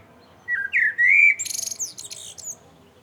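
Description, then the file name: Common blackbird song: a single phrase of rich rising whistled notes followed by a burst of high, rapid, scratchy twittering. "Turdus merula"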